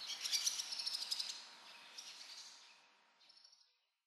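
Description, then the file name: Barn swallow giving rapid, high twitters that fade away, then a short final burst of chirps before silence. Recorded at Kokubunji, Japan, on 30 May 2006. "tsubame kokubunji"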